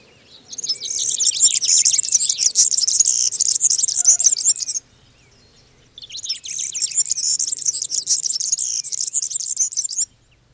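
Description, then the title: European serin song: two long bursts of very high, rapid, jingling and screechy notes, separated by a short silence. Fast-paced, screechy song. "Viikon luontoääni: Keltahemppo"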